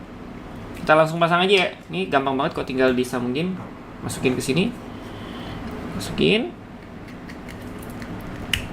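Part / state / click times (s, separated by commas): throttle controller harness connector into module socket / seated / 8.5 s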